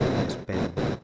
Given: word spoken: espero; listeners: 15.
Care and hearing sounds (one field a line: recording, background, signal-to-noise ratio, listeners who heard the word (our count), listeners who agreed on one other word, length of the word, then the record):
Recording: one Spanish word in noise, from a listening test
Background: noise modulated by one talker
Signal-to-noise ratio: -7.6 dB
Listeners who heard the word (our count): 1 of 15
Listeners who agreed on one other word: 8 of 15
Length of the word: 0.64 s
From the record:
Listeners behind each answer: 8, 2, 1, 1, 1, 1, 1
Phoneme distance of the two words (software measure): 10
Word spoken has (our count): 3 syllables, 6 phonemes, stress on syllable 2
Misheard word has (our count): 3 syllables, 6 phonemes, stress on syllable 2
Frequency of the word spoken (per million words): 31.81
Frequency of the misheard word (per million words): 123.55